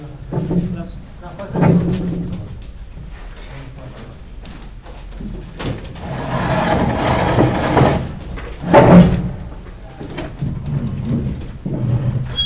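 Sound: door opening and closing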